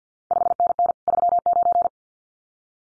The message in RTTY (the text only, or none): none